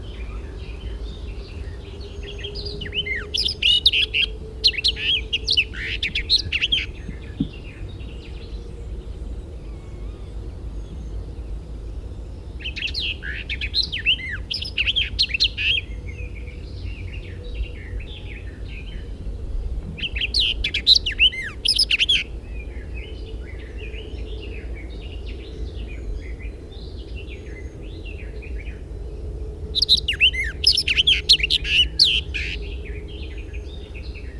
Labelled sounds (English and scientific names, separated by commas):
Barred Warbler (Sylvia nisoria) song